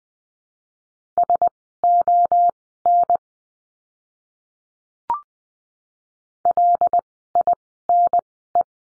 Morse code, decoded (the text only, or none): SON LINE